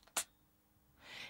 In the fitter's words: the device should be pushed into the muscle until you hear a click